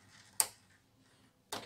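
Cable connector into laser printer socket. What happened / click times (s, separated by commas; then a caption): The connector clicked home / 0.4 s. A cable connector is plugged back into its socket in a Canon MF635cx laser printer during reassembly after a transfer belt change. A sharp, loud click at 0.4 s confirms the connector has seated. A second, softer broadband sound follows at about 1.5 s.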